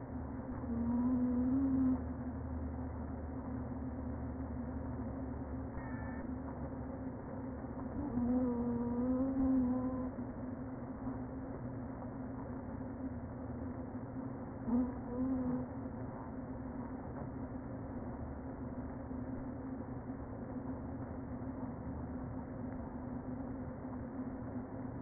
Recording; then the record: honeybee colony, microphone inside the hive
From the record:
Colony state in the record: queen present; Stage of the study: before two queens were removed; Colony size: about 60,000 bees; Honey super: yes